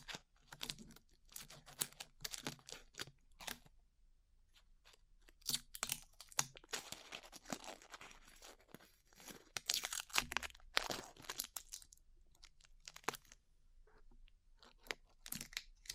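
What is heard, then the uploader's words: Sticky peeling of glue off the ears, heard as bursts of crackly, crinkly tearing and soft crunching. The sounds come in uneven clusters with short quiet gaps, busiest around the middle and again near twelve seconds, some bright and sharp, others duller. ASMR Peeling Glue Off Your Ears (No Talking).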